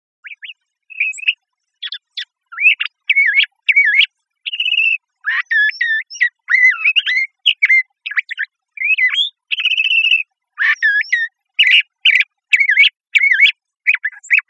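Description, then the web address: Bird song of varied warbled phrases, whistled notes sliding up and down with quick buzzy chips, delivered in short bursts separated by brief pauses, steady throughout. Costa Rica. "birdfinder birdvocals CR"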